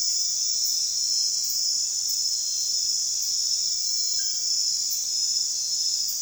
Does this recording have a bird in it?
no